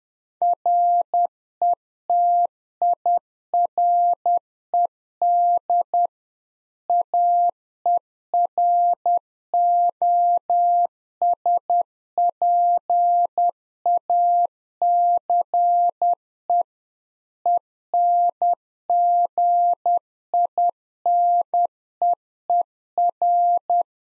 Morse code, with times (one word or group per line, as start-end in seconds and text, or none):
0.4-6.1 RETIRED
6.9-16.6 AEROSPACE
17.5-23.8 ENGINEER